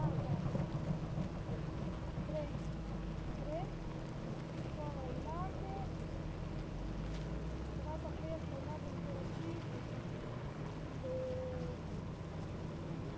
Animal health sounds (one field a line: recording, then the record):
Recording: honeybee colony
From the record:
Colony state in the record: active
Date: 28 July 2017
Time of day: 8:31